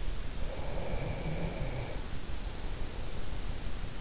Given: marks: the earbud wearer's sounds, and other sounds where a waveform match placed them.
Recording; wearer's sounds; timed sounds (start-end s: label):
sounds in sleep by an in-ear microphone; breath
0.47-3.31 s: breath